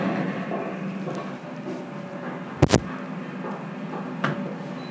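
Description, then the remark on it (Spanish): A steady low rumble runs throughout, broken by a sharp double clunk of a heavy door shutting midway and a softer thud near the end, as a person passes through successive doors at a data center beside the airport in Brussels. “Una segunda puerta. Una tercera puerta.”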